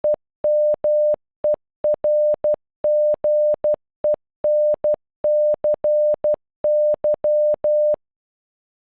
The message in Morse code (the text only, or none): EMERGENCY